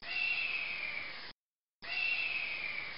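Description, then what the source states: Hawk screaming: two hoarse, slightly falling screeches separated by a short silence. From 1996.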